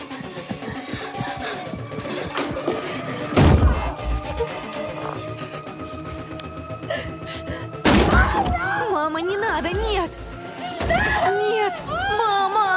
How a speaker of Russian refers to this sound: Карли запирает за собой дверь.